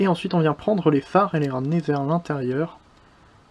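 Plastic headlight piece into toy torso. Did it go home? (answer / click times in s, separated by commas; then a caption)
no / none. Someone talks while handling the plastic headlight pieces of a Transformers Masterpiece MPM-09 Jazz toy figure, folding them inward toward the toy's torso so they can clip in. The voice fills the first 2.7 seconds, then only faint low background remains. Nothing has seated or clicked yet.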